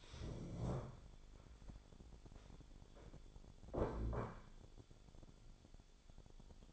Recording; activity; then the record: daily activity, microphone in the room; stand up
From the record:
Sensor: 5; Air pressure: 1015.3 hPa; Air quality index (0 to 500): 176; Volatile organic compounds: 6 ppm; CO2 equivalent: 1917 ppm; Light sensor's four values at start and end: 37/84/34/33 and 37/84/34/33